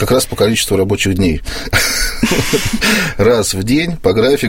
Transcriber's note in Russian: Смеется